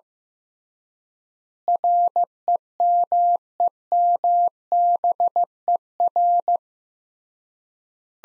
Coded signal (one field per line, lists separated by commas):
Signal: Morse code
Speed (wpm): 16 wpm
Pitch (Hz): 700 Hz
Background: none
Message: REMEMBER